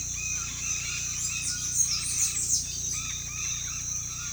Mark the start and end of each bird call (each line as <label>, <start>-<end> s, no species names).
bird call, 0.00-4.32 s